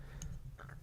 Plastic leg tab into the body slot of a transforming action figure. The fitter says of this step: tuck them into the spot make sure that uh make sure you hear that click to tab them in